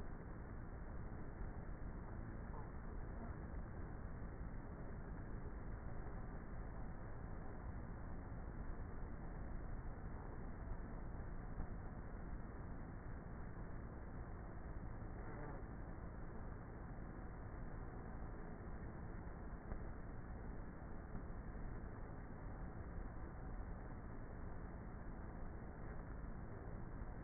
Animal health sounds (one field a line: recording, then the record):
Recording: honeybee colony, microphone inside the hive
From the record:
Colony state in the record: queenless with a low population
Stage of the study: before two queens were removed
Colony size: about 30,000 bees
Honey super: no